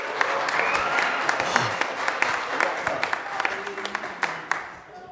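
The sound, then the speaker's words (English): A crowd breaks into steady applause, many hands clapping in a dense, crackling wash with sharp individual claps popping out, holding at a fairly even level before tapering slightly at the end. “No applause?”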